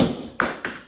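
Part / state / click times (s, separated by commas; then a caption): Roman shade headrail into mounting bracket / seated / 0.4 s. A cordless Roman shade headrail board is pushed up under its mounting bracket and latches into place. A sharp tap is heard at 0.4 seconds as the latch pops in and seats, followed by a softer thunk at 0.7 seconds.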